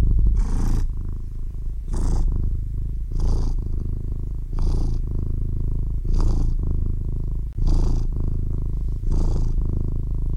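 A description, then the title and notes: A cat purrs in a steady, low rumble that hardly lets up. Each breath brings a soft, airy rise in brightness, falling into an even rhythm about every second and a half, and there is no other sound in the background. White Noise - Cat Purring.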